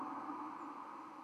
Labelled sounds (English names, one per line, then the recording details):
White-throated Sparrow flight call
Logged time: 02:55 on 31 October 2014